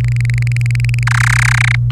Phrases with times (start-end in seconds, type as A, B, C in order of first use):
0.01-1.03 A, 1.07-1.76 B